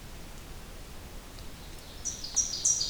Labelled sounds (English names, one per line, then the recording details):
Ovenbird song
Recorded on 2 June 2016 at 05:46
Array SBT-3-7